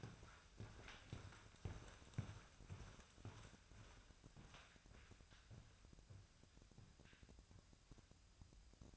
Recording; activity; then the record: daily activity, microphone in the room; walk to room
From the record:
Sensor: 2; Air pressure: 999.3 hPa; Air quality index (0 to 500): 193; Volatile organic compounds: 26 ppm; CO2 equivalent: 2853 ppm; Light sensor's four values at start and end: 7/16/6/7 and 7/17/7/7